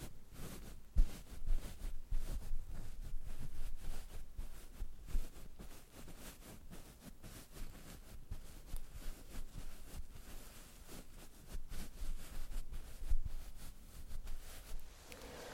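Makeup being applied with no talking: a dense, steady stream of soft scratchy brushing and rustling runs the whole time, broken by quick taps and clicks. Sharper sounds stand out near the start and again around thirteen seconds, over a faint low rumble.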